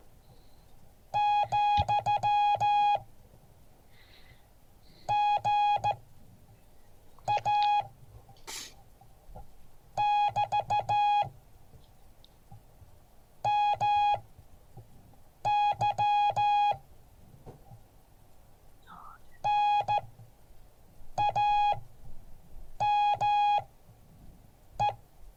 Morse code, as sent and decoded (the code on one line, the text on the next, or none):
--..-- / --. .- / -...- / -- -.-- / -. .- -- .
, GA <BT> MY NAME